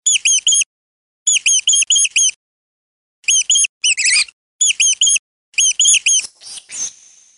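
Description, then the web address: Mouse squeaks: rapid, high, arched chirps come in tight bursts of two to five, separated by short pauses, and end in a few scratchy rustling sounds. "мыши"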